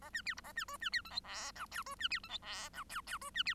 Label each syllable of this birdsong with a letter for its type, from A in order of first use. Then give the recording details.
A B C D A B E B C F G H I J E B C F G H I J J E B C. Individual Bird1